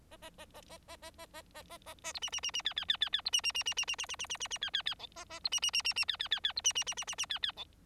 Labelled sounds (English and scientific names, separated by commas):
Bengalese Finch (Lonchura striata domestica) song